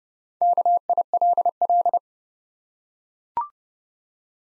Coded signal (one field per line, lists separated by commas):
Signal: Morse code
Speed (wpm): 32 wpm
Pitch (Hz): 700 Hz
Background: none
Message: KILL